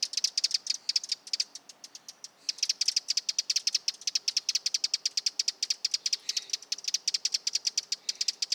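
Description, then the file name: Eurasian wren uttering a rapid series of crisp clicking calls, a short break early on, then a steady run to the end. "Troglodytes troglodytes"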